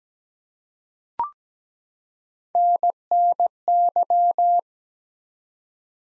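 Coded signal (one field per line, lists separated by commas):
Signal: Morse code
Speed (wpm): 17 wpm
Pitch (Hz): 700 Hz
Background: none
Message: NNY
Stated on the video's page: Morse practice of ARRL section abbreviations used in Field Day contest exchanges at 17 wpm, sent twice.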